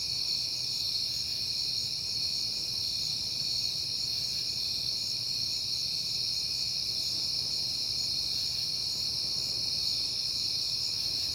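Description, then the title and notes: Continuous shrill cricket chirping, many insects blending into a steady high drone, over soft low background rumble. Crickets on a peaceful night in September. "Night Time: Crickets and Passing Cars. It is September and I have been hearing the crickets a lot, but finally had a peaceful night to make the recording"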